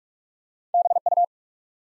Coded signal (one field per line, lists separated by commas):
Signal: Morse code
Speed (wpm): 44 wpm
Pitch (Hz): 700 Hz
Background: none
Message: BU